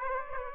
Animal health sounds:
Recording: mosquito wingbeat signal from an infrared sensor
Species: Aedes aegypti

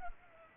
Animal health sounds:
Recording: mosquito wingbeat signal from an infrared sensor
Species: Culex pipiens

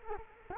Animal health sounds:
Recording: mosquito wingbeat signal from an infrared sensor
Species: Culex quinquefasciatus

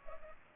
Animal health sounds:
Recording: mosquito wingbeat signal from an infrared sensor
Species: Culex pipiens

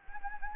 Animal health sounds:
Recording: mosquito wingbeat signal from an infrared sensor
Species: Anopheles gambiae

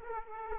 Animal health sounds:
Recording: mosquito wingbeat signal from an infrared sensor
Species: Aedes aegypti

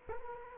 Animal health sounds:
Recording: mosquito wingbeat signal from an infrared sensor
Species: Culex quinquefasciatus

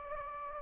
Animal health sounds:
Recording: mosquito wingbeat signal from an infrared sensor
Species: Anopheles gambiae

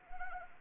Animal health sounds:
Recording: mosquito wingbeat signal from an infrared sensor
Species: Anopheles arabiensis

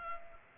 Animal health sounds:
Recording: mosquito wingbeat signal from an infrared sensor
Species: Culex pipiens

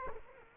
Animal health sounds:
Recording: mosquito wingbeat signal from an infrared sensor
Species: Culex quinquefasciatus

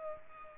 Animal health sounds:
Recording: mosquito wingbeat signal from an infrared sensor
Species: Culex pipiens

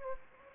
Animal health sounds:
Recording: mosquito wingbeat signal from an infrared sensor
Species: Anopheles gambiae

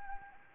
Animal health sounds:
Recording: mosquito wingbeat signal from an infrared sensor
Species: Anopheles arabiensis

